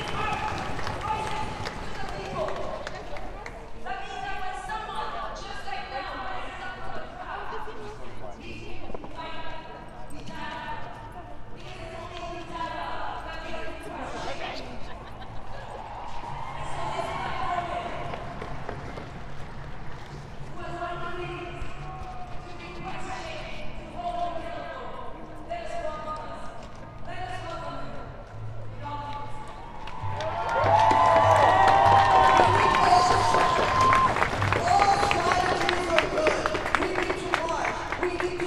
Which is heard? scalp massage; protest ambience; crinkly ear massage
protest ambience